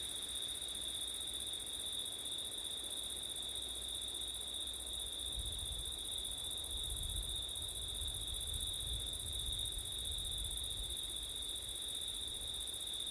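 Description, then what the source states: Crickets keep up a continuous shrill trill while low rumbling wind rises about halfway through and lingers to the end. Crickets on a September night with wind; recorded with ortif setup.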